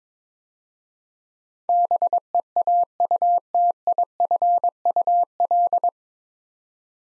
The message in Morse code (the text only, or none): BEAUTIFUL